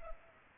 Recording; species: mosquito wingbeat signal from an infrared sensor; Culex pipiens